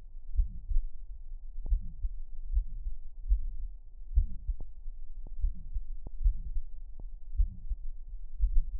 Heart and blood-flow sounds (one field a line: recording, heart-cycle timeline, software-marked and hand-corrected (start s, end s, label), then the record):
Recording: heart sounds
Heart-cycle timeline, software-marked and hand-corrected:
0.00	0.37	diastole
0.37	0.51	S1
0.51	0.71	systole
0.71	0.85	S2
0.85	1.68	diastole
1.68	1.80	S1
1.80	1.95	systole
1.95	2.05	S2
2.05	2.47	diastole
2.47	2.63	S1
2.63	2.77	systole
2.77	2.85	S2
2.85	3.29	diastole
3.29	3.43	S1
3.43	3.61	systole
3.61	3.69	S2
3.69	4.15	diastole
4.15	4.29	S1
4.29	4.47	systole
4.47	4.57	S2
4.57	5.41	diastole
5.41	5.51	S1
5.51	5.68	systole
5.68	5.78	S2
5.78	6.19	diastole
6.19	6.35	S1
6.35	6.57	systole
6.57	6.69	S2
6.69	7.33	diastole
7.33	7.49	S1
7.49	7.69	systole
7.69	7.79	S2
7.79	8.41	diastole
8.41	8.53	S1
8.53	8.67	systole
8.67	8.75	S2
8.75	8.80	diastole
From the record:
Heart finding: mitral regurgitation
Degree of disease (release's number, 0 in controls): 2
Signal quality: good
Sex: male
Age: 80 years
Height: 1.65 m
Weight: 90 kg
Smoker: yes